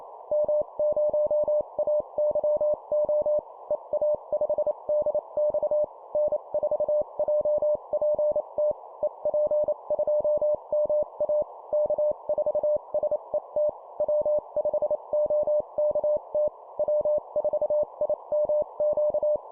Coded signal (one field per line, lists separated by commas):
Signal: Morse code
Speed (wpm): 28 wpm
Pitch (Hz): 600 Hz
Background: none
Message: M0AYO EA5DX N4JPT EP2MA K4SET W5OKT W4IMQ